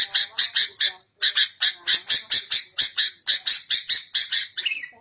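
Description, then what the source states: Bird song of harsh, chattering notes repeated rapidly in a long run with brief pauses. Masteran bird-song recording used for training songbirds.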